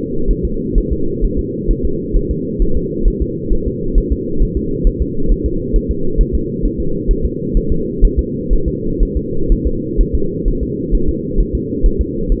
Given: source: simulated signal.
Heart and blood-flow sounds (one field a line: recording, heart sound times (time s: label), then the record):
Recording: fetal heart sounds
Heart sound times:
0.31 s: S1
0.45 s: S2
0.78 s: S1
0.92 s: S2
1.24 s: S1
1.39 s: S2
1.70 s: S1
1.85 s: S2
2.16 s: S1
2.31 s: S2
2.62 s: S1
2.77 s: S2
3.08 s: S1
3.22 s: S2
3.53 s: S1
3.68 s: S2
3.98 s: S1
4.12 s: S2
4.42 s: S1
4.57 s: S2
4.87 s: S1
5.02 s: S2
5.31 s: S1
5.46 s: S2
5.76 s: S1
5.91 s: S2
6.21 s: S1
6.35 s: S2
6.65 s: S1
6.80 s: S2
7.11 s: S1
7.25 s: S2
7.57 s: S1
7.72 s: S2
8.04 s: S1
8.19 s: S2
8.53 s: S1
8.68 s: S2
9.03 s: S1
9.17 s: S2
9.52 s: S1
9.67 s: S2
10.01 s: S1
10.15 s: S2
10.48 s: S1
10.63 s: S2
10.94 s: S1
11.09 s: S2
11.40 s: S1
11.55 s: S2
11.86 s: S1
12.01 s: S2
12.32 s: S1
From the record:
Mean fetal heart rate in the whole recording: 130 bpm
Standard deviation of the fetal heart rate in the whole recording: 4 bpm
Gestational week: 38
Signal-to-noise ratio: -8.1 dB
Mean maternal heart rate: 72 bpm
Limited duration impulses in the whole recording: absent